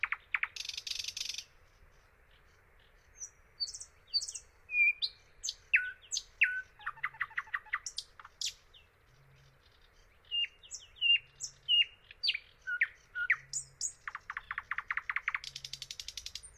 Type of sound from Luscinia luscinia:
song